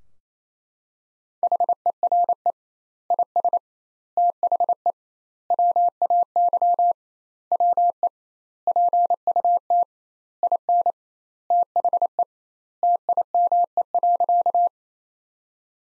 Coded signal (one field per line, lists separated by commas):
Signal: Morse code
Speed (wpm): 28 wpm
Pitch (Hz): 700 Hz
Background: none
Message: HERE IS THE WAY WE PUT IN THE TIME.